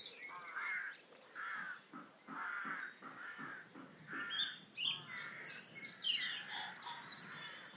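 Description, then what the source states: Rooks cawing, a chorus of harsh, grating caws repeated irregularly from several birds, with thin high chirps from other birds toward the end. Rooks at a rookery colony, Suffolk, May, heard while passing underneath the rookery.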